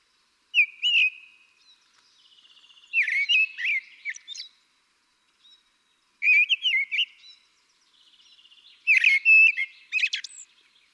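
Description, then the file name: Common blackbird singing four rich whistled phrases separated by pauses, with thin, scratchy high notes. "Turdus merula"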